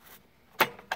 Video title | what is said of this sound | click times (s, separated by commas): Rotowash USA selfprofloorcare.com | will simply has a little ball bearing on there and that will click | 0.9 s